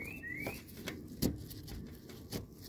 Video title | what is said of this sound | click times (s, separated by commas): Never buy a cheap aftermarket breather hose for your BMW N62. | so this literally just goes in like this, and all it does is just simply just snaps into place. | 1.2 s